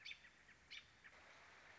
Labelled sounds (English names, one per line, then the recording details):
American Robin
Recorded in Sonoma County, California